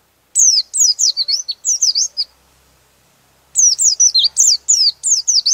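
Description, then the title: White-eye delivering two bursts of quick, high, sweet twittering notes separated by a pause of about a second. "Pleci"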